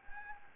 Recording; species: mosquito wingbeat signal from an infrared sensor; Anopheles gambiae